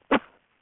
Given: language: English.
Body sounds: throat vibration sensor signal played as sound; cough

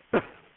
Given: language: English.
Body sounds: throat vibration sensor signal played as sound; cough

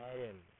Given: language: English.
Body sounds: throat vibration sensor signal played as sound; speech

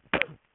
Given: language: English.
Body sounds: throat vibration sensor signal played as sound; cough

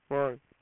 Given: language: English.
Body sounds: throat vibration sensor signal played as sound; speech

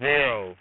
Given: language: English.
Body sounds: throat vibration sensor signal played as sound; speech

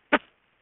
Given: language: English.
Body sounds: throat vibration sensor signal played as sound; cough

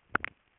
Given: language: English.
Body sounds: throat vibration sensor signal played as sound; swallow

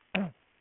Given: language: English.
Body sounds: throat vibration sensor signal played as sound; throat clearing

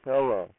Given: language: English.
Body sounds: throat vibration sensor signal played as sound; speech

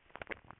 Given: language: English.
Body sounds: throat vibration sensor signal played as sound; swallow

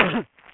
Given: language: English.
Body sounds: throat vibration sensor signal played as sound; cough

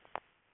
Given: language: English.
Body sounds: throat vibration sensor signal played as sound; swallow

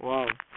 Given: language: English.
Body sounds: throat vibration sensor signal played as sound; speech

